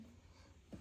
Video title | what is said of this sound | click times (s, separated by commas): 2025 Jeep Wrangler Headlight Bulb replacement | snaps right in place. Click, click. You hear it snap. | 0.7 s